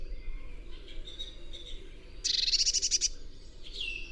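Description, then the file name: Eurasian blue tit: one rapid buzzy churr lasting under a second, preceded by soft high twittering and followed by a thin falling note. "Cyanistes caeruleus"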